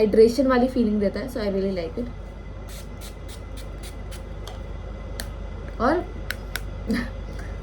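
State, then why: Released. Someone talks, then twists the lock/unlock collar on the nozzle of a travel-size toner mist bottle to the unlocked position. Two sharp, short clicks sound at 6.3 s and 6.6 s, among a few fainter ticks, and the spray cap is released to unlocked.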